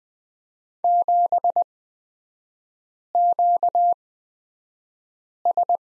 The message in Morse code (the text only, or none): 7QS